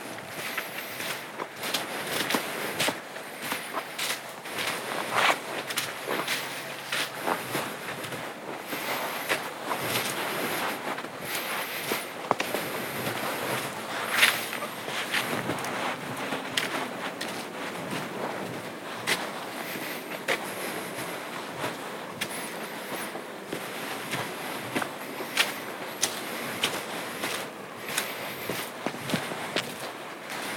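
Footsteps crunch steadily through a night hike, a dense run of crisp, irregular scuffs and snaps that never lets up across the half minute. Sharper cracks stand out now and then, with a soft, steady hiss beneath and almost nothing deep or rumbling.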